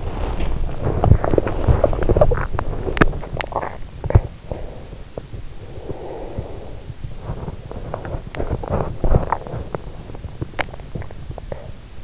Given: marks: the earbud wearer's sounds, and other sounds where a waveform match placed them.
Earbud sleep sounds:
sounds in sleep by an in-ear microphone; teeth grinding, swallowing, breath
0.00-2.92 s: teeth grinding
2.92-4.97 s: swallowing
4.97-7.22 s: breath
7.22-11.27 s: teeth grinding
10.16-12.04 s: swallowing

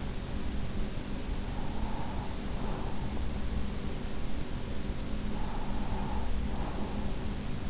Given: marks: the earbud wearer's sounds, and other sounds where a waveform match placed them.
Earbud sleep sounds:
sounds in sleep by an in-ear microphone; breath
1.36-3.56 s: breath
5.05-7.70 s: breath

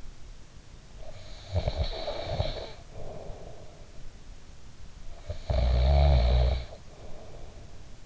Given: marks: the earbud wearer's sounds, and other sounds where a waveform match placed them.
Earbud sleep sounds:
sounds in sleep by an in-ear microphone; snoring breath
1.04-4.03 s: snoring breath
5.17-8.06 s: snoring breath

